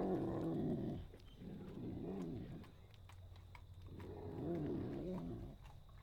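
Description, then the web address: Pig grunting in low, rough bursts, a grumbling run at the start, then another, a quieter pause and another burst near the end. "KMP Film Video Sound Effects. Piggs"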